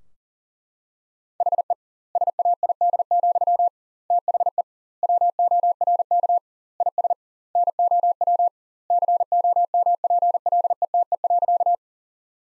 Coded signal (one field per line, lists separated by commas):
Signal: Morse code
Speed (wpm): 40 wpm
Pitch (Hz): 700 Hz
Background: none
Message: HE SAID, THE WORK IS NOW COMPLETE.